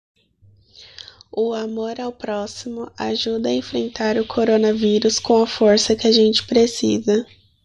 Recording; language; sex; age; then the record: spoken sentence; Brazilian Portuguese; female; 20 to 29 years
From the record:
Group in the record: control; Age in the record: 22 years